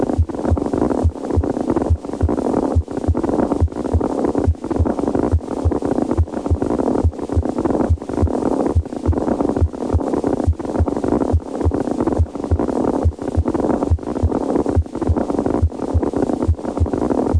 Noises produced by a mediastinal crunch. The noises have a crunching quality, which may become louder during inspiration.